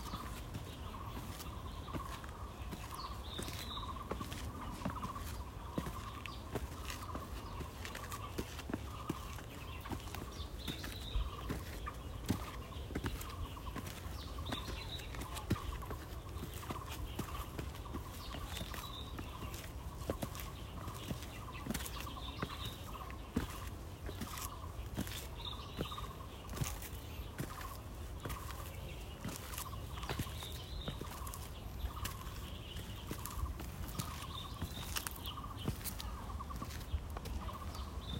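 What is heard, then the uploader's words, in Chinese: Insects buzz in a steady, pulsing chorus on a hillside, with a bird repeating short bright calls every few seconds. Dense crackling and scuffing, like footsteps on a trail, runs throughout over a low outdoor rumble. 內湖金面山鳥叫蟲鳴。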